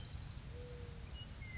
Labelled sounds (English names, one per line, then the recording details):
Western Meadowlark
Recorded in Sonoma County, California